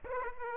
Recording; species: mosquito wingbeat signal from an infrared sensor; Aedes aegypti